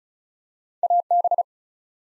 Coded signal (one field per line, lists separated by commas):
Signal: Morse code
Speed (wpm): 36 wpm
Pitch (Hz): 700 Hz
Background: none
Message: AB